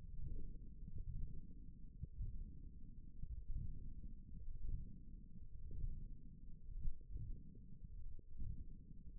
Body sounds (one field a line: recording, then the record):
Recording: forearm muscle sounds (acoustic myography)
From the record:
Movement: ulnar deviation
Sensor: system 1, eight BSWA MPA416 microphones around the upper forearm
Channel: 1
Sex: male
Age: 23 years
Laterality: right